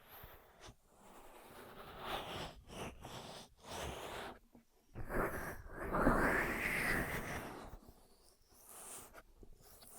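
Ear massage sounds: soft, hissy rubbing and scratching strokes in uneven bursts, separated by brief near-silent pauses around the first, fourth and fifth seconds. The rubbing swells to its fullest and loudest between five and seven seconds, then thins into lighter, quieter strokes.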